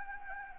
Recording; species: mosquito wingbeat signal from an infrared sensor; Anopheles gambiae